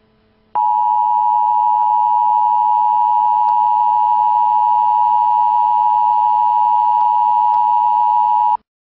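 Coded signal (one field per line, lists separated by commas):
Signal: Emergency Alert System (SAME) tones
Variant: 853 and 960 Hz attention tone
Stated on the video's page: Prank fake emergency broadcast alert for the Kansas City area, made to burn to DVD.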